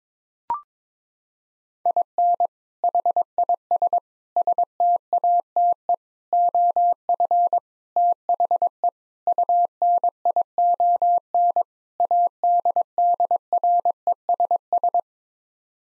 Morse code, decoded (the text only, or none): IN HIS STATE OF THE UNION ADDRESS